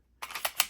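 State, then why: Not seated. A 15-round magazine with a mismatched base plate is pushed up into the magazine well of a Canik Mete MC9 LS pistol, producing three short, sharp plastic-and-metal contact taps at about 0.2, 0.5 and 0.6 seconds after a silent start. It goes all the way up but nothing has seated or clicked, and it can be pulled straight back out without pressing the magazine release.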